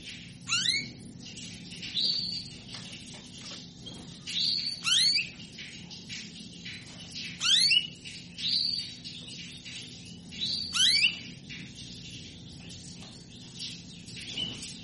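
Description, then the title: Belgian canary song, repeated phrases of sharp sweeping chirps and buzzy trills every few seconds, high and bright over a steady low background hum. Belgian canary song played to stimulate canaries into singing; described as a female canary asking to mate. "Canto Para Esquentar Canário Belga. Suara burung kenari betina minta kawin"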